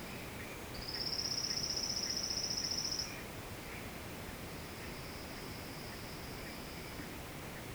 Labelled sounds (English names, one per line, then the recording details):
none
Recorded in secondary vegetation near Puerto Asís, Putumayo, Colombia, on 18 February 2024 at 10:00
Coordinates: 0.472, -76.331
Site G6371